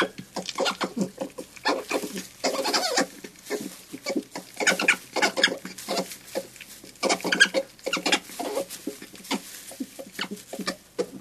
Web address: european badger